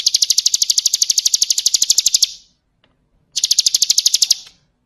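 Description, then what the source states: High, fast pulsing bird trill, a burst over two seconds long, silence, then a shorter second burst. Masteran (songbird training recording), described as the most complete bird collection.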